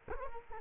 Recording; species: mosquito wingbeat signal from an infrared sensor; Culex quinquefasciatus